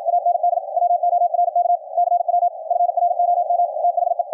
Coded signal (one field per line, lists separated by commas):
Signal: Morse code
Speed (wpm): 56 wpm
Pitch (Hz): 700 Hz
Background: radio noise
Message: AND WORK CW FROM THE